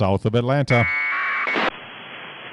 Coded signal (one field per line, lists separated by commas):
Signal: packet radio (AX.25, as in APRS)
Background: speech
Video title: 20 Meter Operations Sat May 9,2020 15:30Z